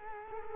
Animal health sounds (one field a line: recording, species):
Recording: mosquito wingbeat signal from an infrared sensor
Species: Culex quinquefasciatus